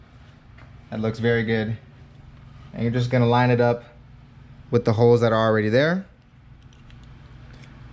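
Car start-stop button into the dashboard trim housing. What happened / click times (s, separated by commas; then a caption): The button is lined up but not yet pressed home / none. A new red start-stop button is lined up with the existing mounting holes in the plastic interior trim of a car's dashboard housing before being pushed in, and nothing has seated or clicked yet. Someone talks in three bursts, and a few faint, short handling taps are heard near 0.6 s and between 6.7 and 7.6 s.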